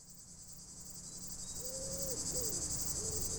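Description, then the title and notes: Cicada song, a steady high pulsing buzz throughout, growing slightly louder, with a few low cooing notes from a bird midway. Roadside by the D991 on Groisin hill, Chindrieux, France; hot sunny day; wood pigeon audible; Zoom H4n Pro resting on a bicycle. "5160 Rte d'Aix, 73310 Chindrieux, France - cigale en bord de route. arrêt dans la côte de Groisin au bord de la D991 par cette chaude journée ensoleillée , les sons de la nature , cigale, criquets pigeon ramier"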